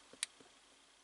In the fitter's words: you heard that click